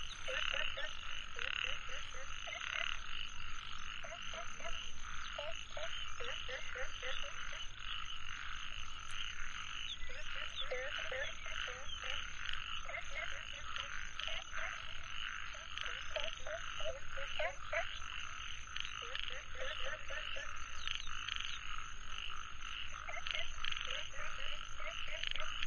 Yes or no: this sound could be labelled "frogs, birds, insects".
yes